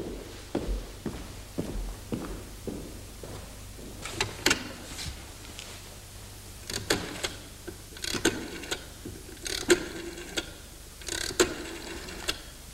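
A steady mechanical ticking, like clockwork, repeats at a quick, even pace, then gives way to sharper, irregular clicks and knocks. No one speaks.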